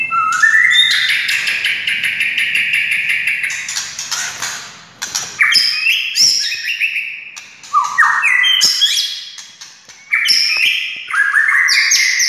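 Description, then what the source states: White-rumped shama song with a long sustained whistle opening, then sharp clicks, slurred notes and chattering phrases separated by short pauses. Wild, native forest bird.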